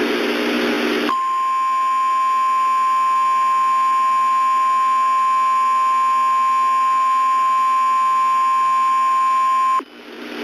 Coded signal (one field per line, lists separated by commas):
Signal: Emergency Alert System (SAME) tones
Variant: 1050 Hz attention tone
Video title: EAS Scenario 1 [REMASTER]: The Colorado Monster